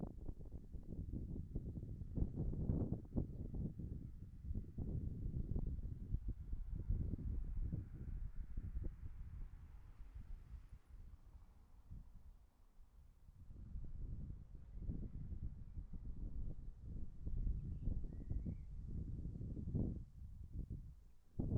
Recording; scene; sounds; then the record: everyday scene through a hearing-aid microphone; wind on the microphone; wind, traffic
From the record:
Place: in front of a rural house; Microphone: behind the ear, right, front